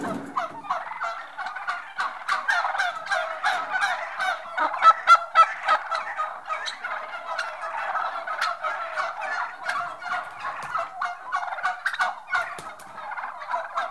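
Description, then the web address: Turkey hens calling as a flock, a dense continuous chatter of overlapping yelps and clucks with sharper clicks and knocks scattered throughout. General atmosphere of a group of turkey hens; livestock. "The BBC Sound Effects Library. General atmosphere of Turkey Hens"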